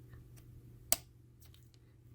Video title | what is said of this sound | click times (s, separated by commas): Made a brief salvage yard run, them concurred those BMW spark plugs. Woot woot! - REMIX | it down until you hear a little click | 0.9 s